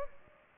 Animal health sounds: mosquito wingbeat signal from an infrared sensor; Aedes aegypti

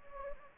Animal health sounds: mosquito wingbeat signal from an infrared sensor; Anopheles gambiae

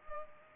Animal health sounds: mosquito wingbeat signal from an infrared sensor; Culex pipiens

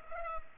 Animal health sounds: mosquito wingbeat signal from an infrared sensor; Culex pipiens

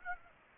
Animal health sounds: mosquito wingbeat signal from an infrared sensor; Aedes aegypti

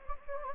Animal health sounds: mosquito wingbeat signal from an infrared sensor; Anopheles gambiae

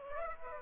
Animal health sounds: mosquito wingbeat signal from an infrared sensor; Aedes aegypti

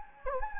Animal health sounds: mosquito wingbeat signal from an infrared sensor; Anopheles gambiae

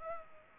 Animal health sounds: mosquito wingbeat signal from an infrared sensor; Culex pipiens

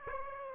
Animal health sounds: mosquito wingbeat signal from an infrared sensor; Aedes aegypti

